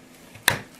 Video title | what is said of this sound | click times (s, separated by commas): Custom Computer Build Upgrade ASUS MAXIMUS VII Herp LGA 1150 | You're Gonna Hear snap | 0.5 s